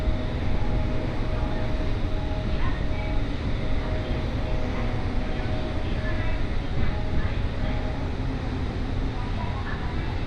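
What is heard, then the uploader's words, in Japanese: A Joban Line local train rumbles steadily and low throughout, with a faint constant whine and occasional brief higher squeaks or voices. 常磐線各駅停車 北千住→我孫子。各駅停車区間を走るのは東京メトロ千代田線に乗り入れる車両なので随分と異色な感じがします。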